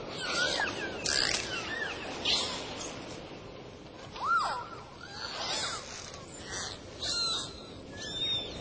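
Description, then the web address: Dolphins whistling, short arching and upswept tones scattered throughout, some high and faint, over steady background hiss. "symfonie. natury delfiny"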